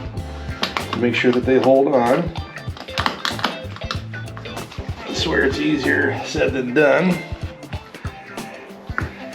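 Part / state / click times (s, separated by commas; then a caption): pannier mounting clip onto motorcycle rear frame bracket / partly seated / 9.0 s. A snap-in clip on a waxed pannier's mounting bracket is pressed onto the rear frame rail of a Triumph T120 Bonneville motorcycle while someone talks over background music. A sharp snap is heard at 9.0 s, but the clip is not fully home.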